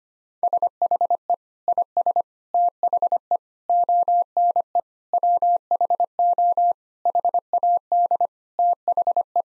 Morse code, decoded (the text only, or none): SHE IS THE ONE WHO HAD THE